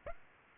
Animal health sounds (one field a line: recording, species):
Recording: mosquito wingbeat signal from an infrared sensor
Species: Aedes aegypti